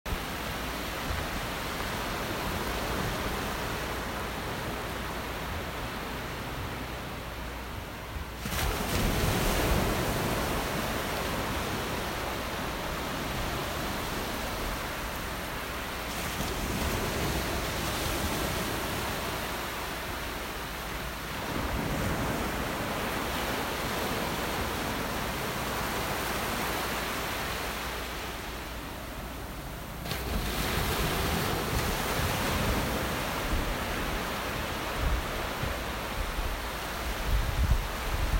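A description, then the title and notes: Steady rush of surf on a beach, swelling louder around 8, 16 and 30 seconds as waves break, with a low rumble beneath. Sounds of Nature Episode 1 Lio Beach.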